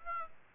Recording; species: mosquito wingbeat signal from an infrared sensor; Aedes aegypti